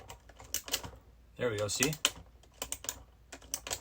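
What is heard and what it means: The plastic hood of an MN78 Jeep Cherokee scale RC crawler body is pressed down at the corners and snaps into its mounts, with sharp plastic clicks at 0.5 s and 0.7 s and more light clicks later in the clip. Someone talks partway through, and the hood ends up locked in place.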